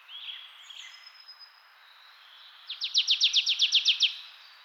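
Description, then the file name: Marsh tit with faint high squeaks at first, then a fast run of about ten bright, down-slurred notes lasting just over a second. "Poecile palustris"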